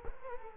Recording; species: mosquito wingbeat signal from an infrared sensor; Culex quinquefasciatus